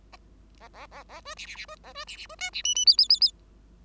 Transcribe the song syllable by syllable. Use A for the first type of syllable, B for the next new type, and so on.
A A A A B C C C B A B C C B D C E E F F F F